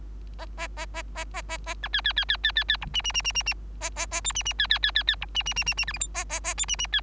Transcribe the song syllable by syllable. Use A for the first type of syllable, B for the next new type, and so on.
A A A A A A A B C C C C C C C D E E E E E E A A A F E E C C C C C D E E E E E G H I A A A F E E C